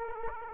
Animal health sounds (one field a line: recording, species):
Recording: mosquito wingbeat signal from an infrared sensor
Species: Aedes aegypti